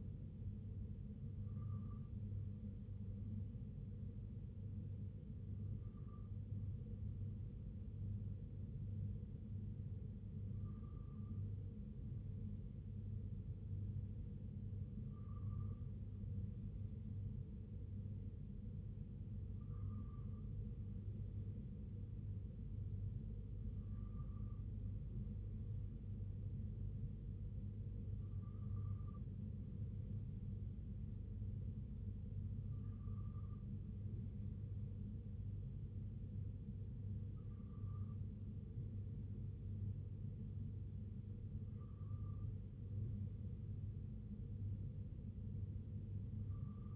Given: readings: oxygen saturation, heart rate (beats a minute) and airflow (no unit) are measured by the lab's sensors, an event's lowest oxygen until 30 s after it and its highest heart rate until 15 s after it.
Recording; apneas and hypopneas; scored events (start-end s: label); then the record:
breathing in sleep by a smartphone at the bedside; none
none scored
From the record:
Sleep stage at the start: N2 (light sleep); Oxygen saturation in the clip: 93 to 95%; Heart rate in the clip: 62 to 66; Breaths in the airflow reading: 10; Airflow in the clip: -3.1 to 2.1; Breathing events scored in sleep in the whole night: 258 in 7.4 hours asleep